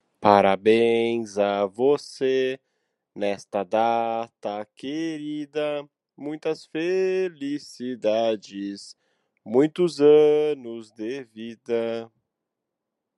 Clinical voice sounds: short text; Brazilian Portuguese; male; 30 to 39 years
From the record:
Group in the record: control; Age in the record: 39 years

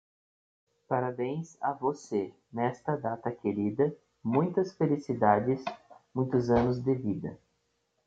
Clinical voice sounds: short text; Brazilian Portuguese; male; 30 to 39 years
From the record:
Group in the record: control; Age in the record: 30 years

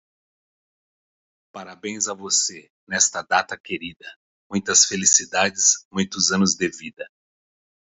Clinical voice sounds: short text; Brazilian Portuguese; male; 60 to 69 years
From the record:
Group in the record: control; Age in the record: 61 years

